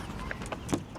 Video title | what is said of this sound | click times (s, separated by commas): Why We Chose a BAKFlip MX4 Cover Over a Truck Topper (F-150 Review) | Each section will click into place, | 0.3 s